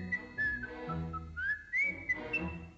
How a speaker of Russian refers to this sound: Слышите, какой свист? Прямо соловей.